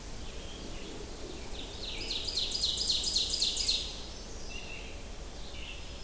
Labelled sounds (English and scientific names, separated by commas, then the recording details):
Ovenbird (Seiurus aurocapilla) song
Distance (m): 35 m
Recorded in boreal forest in Alberta, Canada, on 25 June 2016 at 06:36
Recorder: SongMeter 3, array SBT-6-76
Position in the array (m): 34 m, 104 m
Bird 2